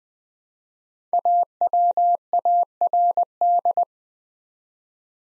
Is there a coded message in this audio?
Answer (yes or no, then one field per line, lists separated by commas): yes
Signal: Morse code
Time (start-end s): 1.1-3.8 s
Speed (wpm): 20 wpm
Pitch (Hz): 700 Hz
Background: none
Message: AWARD